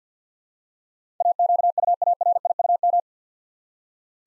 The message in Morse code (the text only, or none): AQUARIUM